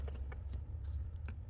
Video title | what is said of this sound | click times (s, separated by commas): 2023 Kia Sportage oil and Filter Change | The filter just kind of snaps in place. | 0.3 s, 1.3 s